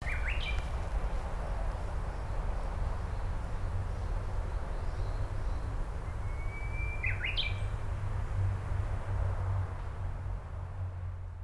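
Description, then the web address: Japanese bush warbler song: a brief phrase at the start, then a drawn-out whistle breaking into quick sharp notes around seven seconds, over a steady low rumble. "nagaike uguisu 080311"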